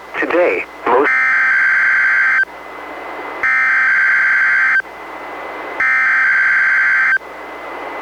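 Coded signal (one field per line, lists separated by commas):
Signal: Emergency Alert System (SAME) tones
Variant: header bursts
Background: speech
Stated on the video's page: Required weekly test from NWS Portland, relayed by NOAA Weather Radio station in Astoria, recorded from a Reecom R-1630 weather radio into a Zoom H1 recorder.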